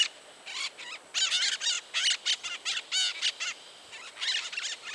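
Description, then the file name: White-eyed parakeet screeching, a fast series of raspy, buzzy squawks tumbling over one another in irregular clusters throughout. Calls given by birds in flight. "araleu en vol"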